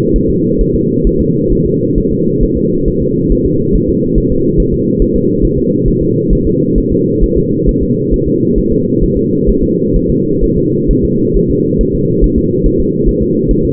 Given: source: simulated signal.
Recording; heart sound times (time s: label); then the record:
fetal heart sounds
0.16 s: S1
0.30 s: S2
0.61 s: S1
0.75 s: S2
1.07 s: S1
1.21 s: S2
1.53 s: S1
1.66 s: S2
1.98 s: S1
2.12 s: S2
2.43 s: S1
2.57 s: S2
2.88 s: S1
3.02 s: S2
3.32 s: S1
3.46 s: S2
3.75 s: S1
3.89 s: S2
4.18 s: S1
4.32 s: S2
4.60 s: S1
4.74 s: S2
5.02 s: S1
5.16 s: S2
5.45 s: S1
5.58 s: S2
5.88 s: S1
6.02 s: S2
6.33 s: S1
6.47 s: S2
6.78 s: S1
6.92 s: S2
7.24 s: S1
7.38 s: S2
7.69 s: S1
7.83 s: S2
8.14 s: S1
8.28 s: S2
8.58 s: S1
8.72 s: S2
9.03 s: S1
9.17 s: S2
9.49 s: S1
9.63 s: S2
9.96 s: S1
10.10 s: S2
10.44 s: S1
10.58 s: S2
10.91 s: S1
11.05 s: S2
11.36 s: S1
11.50 s: S2
11.81 s: S1
11.95 s: S2
12.24 s: S1
12.38 s: S2
12.66 s: S1
12.80 s: S2
13.09 s: S1
13.22 s: S2
13.51 s: S1
13.65 s: S2
From the record:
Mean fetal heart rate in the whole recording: 135 bpm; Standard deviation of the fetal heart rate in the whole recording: 3 bpm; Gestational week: 36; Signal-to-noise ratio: -11.2 dB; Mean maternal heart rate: 72 bpm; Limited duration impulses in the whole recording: present